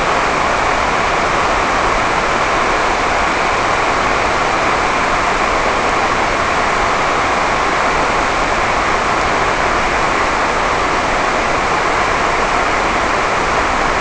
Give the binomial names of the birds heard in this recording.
none